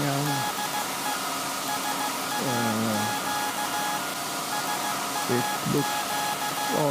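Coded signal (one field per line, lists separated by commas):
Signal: Morse code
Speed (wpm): 15 wpm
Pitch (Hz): 840 Hz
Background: speech, music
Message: DE SAQ SAQ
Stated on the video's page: SAQ Alexanderson alternator from 1924, a pre-electronic VLF transmitter at Grimeton, Sweden, sending an anniversary message on UN Day, live.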